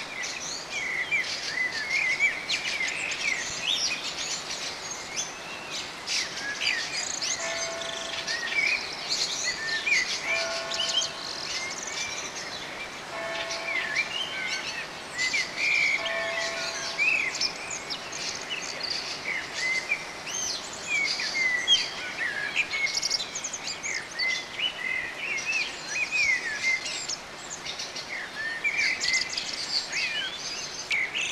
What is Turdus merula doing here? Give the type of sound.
song